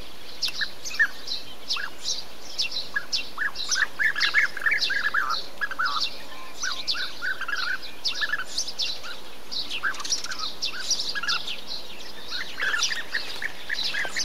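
Bee-eater calls: rolling notes given in loose series, several birds calling.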